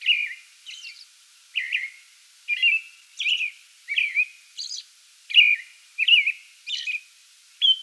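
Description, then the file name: American robin song, a rapid sequence of rich whistled phrases, rising and falling, mixed with high, thin squeaks. Pre-dawn song bout, recorded 8 May 2022. "2022-05-08 American Robin pre-dawn song bout"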